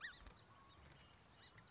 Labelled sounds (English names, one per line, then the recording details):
Song Sparrow
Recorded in Sonoma County, California